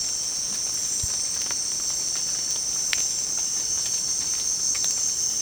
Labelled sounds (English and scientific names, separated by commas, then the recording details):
none
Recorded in secondary vegetation near Puerto Asís, Putumayo, Colombia, on 27 June 2025 at 18:00
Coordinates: 0.484, -76.319
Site G074